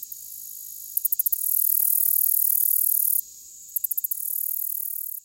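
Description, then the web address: Black-legged Meadow Katydid singing a sustained high-pitched buzz, each long stretch introduced by a rapid run of about five sharp ticks. "The Songs of Insects Black-legged Meadow Katydid"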